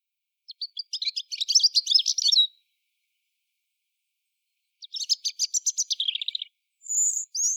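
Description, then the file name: European robin singing rapid high, scratchy trilled phrases, a long burst then another after a gap, ending with thin sliding whistles; quiet background otherwise. "Erithacus rubecula"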